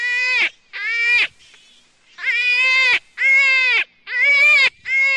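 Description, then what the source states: Jackrabbit crying in loud, buzzy squeals of about half a second, coming in an uneven series with brief pauses between them. Juvenile.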